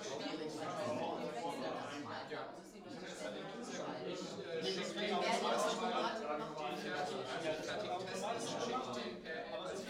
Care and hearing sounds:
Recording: everyday scene through a hearing-aid microphone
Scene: many people talking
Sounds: many voices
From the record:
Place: bistro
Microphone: in the ear canal, right

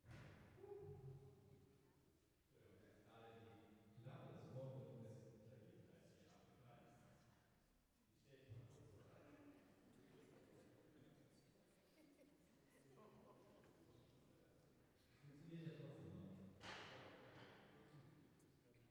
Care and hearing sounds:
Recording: everyday scene through a hearing-aid microphone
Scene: reverberant space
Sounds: speech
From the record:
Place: church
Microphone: behind the ear, left, rear

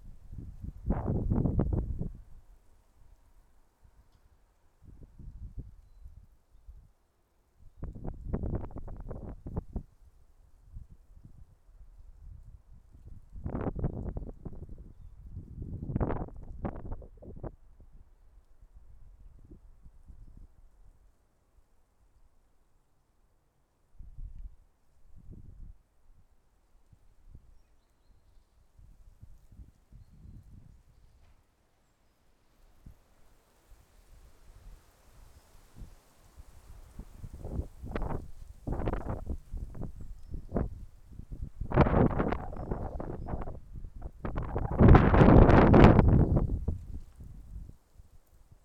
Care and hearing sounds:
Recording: everyday scene through a hearing-aid microphone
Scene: wind on the microphone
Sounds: wind, traffic, birds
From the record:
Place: suburban garden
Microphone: behind the ear, left, front

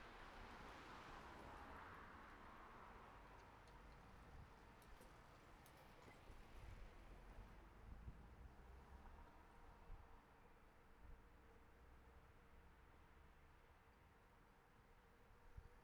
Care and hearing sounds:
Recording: everyday scene through a hearing-aid microphone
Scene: in traffic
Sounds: traffic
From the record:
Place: city secondary road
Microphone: behind the ear, right, rear

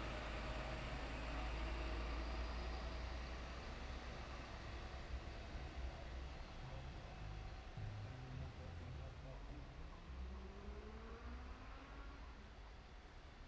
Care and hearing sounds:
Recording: everyday scene through a hearing-aid microphone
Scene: in traffic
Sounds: traffic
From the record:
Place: main road on the outskirts, rush hour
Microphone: behind the ear, right, rear

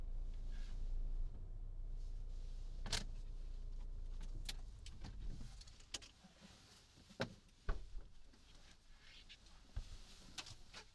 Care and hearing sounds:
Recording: everyday scene through a hearing-aid microphone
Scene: in a vehicle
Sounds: other noises, engine stopping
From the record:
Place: Berlingo II, diesel engine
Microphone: in the ear canal, right

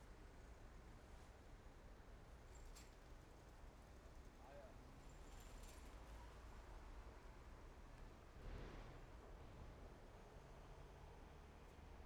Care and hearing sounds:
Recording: everyday scene through a hearing-aid microphone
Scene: in traffic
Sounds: traffic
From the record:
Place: main road on the outskirts, rush hour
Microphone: behind the ear, right, front

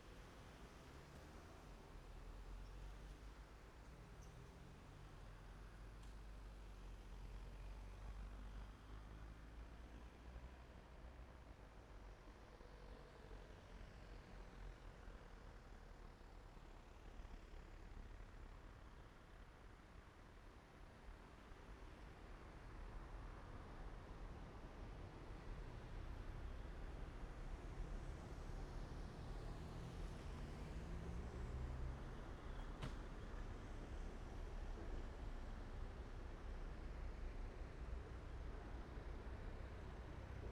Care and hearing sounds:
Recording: everyday scene through a hearing-aid microphone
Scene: in traffic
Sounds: traffic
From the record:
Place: main road on the outskirts, rush hour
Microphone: behind the ear, right, rear

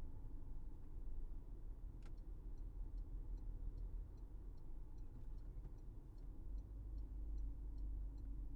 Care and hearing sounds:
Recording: everyday scene through a hearing-aid microphone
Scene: in a vehicle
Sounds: engine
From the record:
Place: Berlingo II, diesel engine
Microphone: behind the ear, right, front

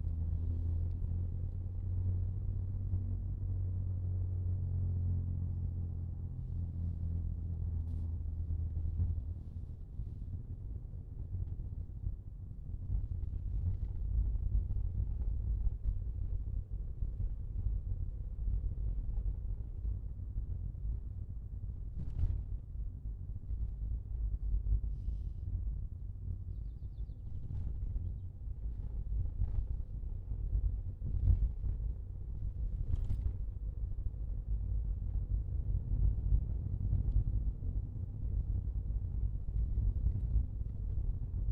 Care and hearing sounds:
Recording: everyday scene through a hearing-aid microphone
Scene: in a vehicle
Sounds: engine, rumble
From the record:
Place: Skoda Fabia, gasoline engine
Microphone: in the ear canal, left

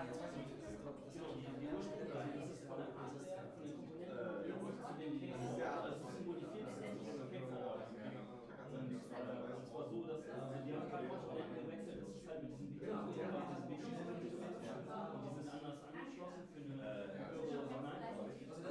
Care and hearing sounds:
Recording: everyday scene through a hearing-aid microphone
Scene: many people talking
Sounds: many voices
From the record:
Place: bistro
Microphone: behind the ear, left, front

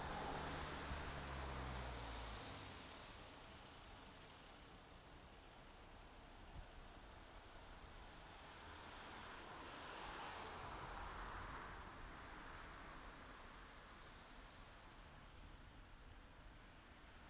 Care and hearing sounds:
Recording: everyday scene through a hearing-aid microphone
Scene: in traffic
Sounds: traffic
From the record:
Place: city secondary road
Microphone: in the ear canal, left

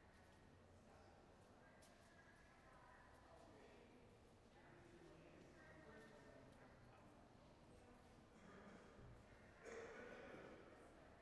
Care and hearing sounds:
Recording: everyday scene through a hearing-aid microphone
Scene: reverberant space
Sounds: background noise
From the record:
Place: railway station hall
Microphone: behind the ear, right, front

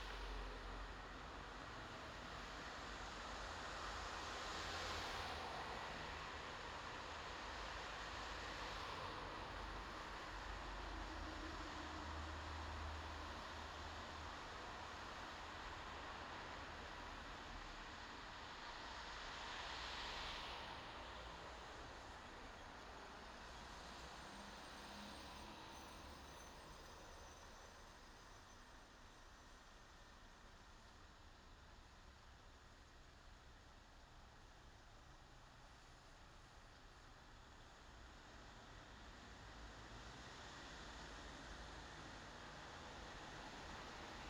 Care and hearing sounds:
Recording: everyday scene through a hearing-aid microphone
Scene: in traffic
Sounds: traffic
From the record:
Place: bus stop on a city main road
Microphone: in the ear canal, left

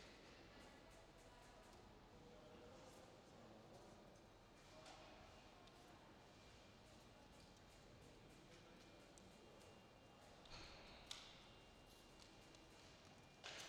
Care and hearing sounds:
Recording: everyday scene through a hearing-aid microphone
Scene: reverberant space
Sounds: background noise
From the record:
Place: railway station hall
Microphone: in the ear canal, left

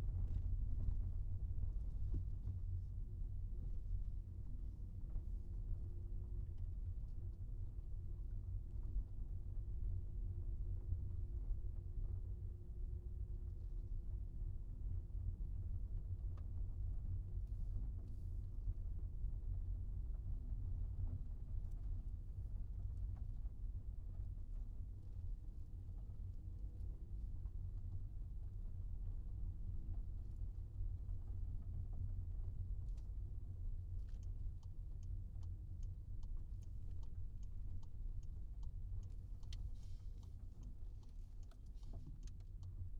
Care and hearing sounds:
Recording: everyday scene through a hearing-aid microphone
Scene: in a vehicle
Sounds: engine, rumble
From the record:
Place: Skoda Fabia, gasoline engine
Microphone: in the ear canal, right

